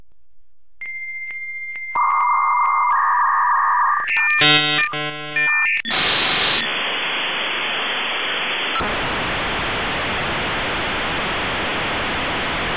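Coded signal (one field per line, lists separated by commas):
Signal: dial-up modem handshake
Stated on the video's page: US Robotics 56 Kbps dial-up modem.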